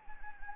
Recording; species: mosquito wingbeat signal from an infrared sensor; Anopheles gambiae